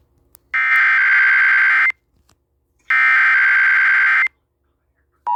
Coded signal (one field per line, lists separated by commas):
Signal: Emergency Alert System (SAME) tones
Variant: header bursts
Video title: eas tsunami warning for California eas #229